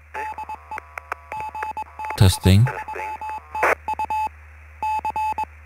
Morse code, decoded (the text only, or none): DE GB3TU C